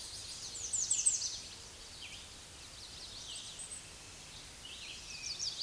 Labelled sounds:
American Redstart song
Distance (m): 20 m
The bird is about 5 m above the microphone
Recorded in a Pennsylvania forest on 16 May 2024 at 06:56
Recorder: AudioMoth, point MSD-2345
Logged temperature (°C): 15.5 °C
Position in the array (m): 120 m, 228 m

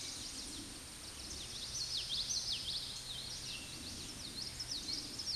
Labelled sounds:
Common Yellowthroat song
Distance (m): 25 m
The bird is about level with the microphone
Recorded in a Pennsylvania forest on 16 May 2024 at 09:50
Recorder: AudioMoth, point MSD-2304
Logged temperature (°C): 16.0 °C
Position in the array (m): 224 m, 186 m

